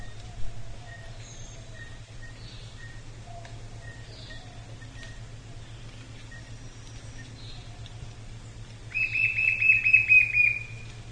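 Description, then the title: White-shouldered fire-eye calling, a loud buzzy, wavering run of rapid notes near the end, with faint repeated chips and a steady low hum throughout. "LuckyPassaro Completos2Sama. White-shouldered Fire-eye (Pyriglena leucoptera)"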